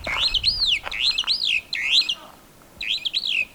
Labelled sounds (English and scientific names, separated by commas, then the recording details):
Superb Starling (Lamprotornis superbus) flight call
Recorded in Kenya